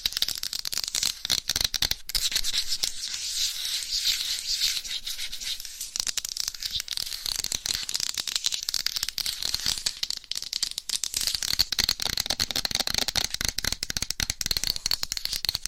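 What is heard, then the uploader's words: Rapid, aggressive scratching against a microphone cover, dense crackly bursts that stay bright, with brief pauses around two and six seconds. ASMR Fast & Aggressive Mic Scratching with 10 DIFFERENT MICS Covers & Nails No Talking.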